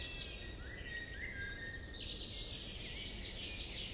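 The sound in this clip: Bird calls, thin high chirps and rising whistled notes overlapping in a busy chorus, with steady background ambience noise.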